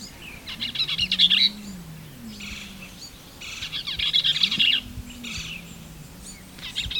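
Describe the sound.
Bell's vireo: rapid jumbled scratchy song phrases, two strong and a fainter third, separated by pauses, while a low droning engine-like hum rises and falls.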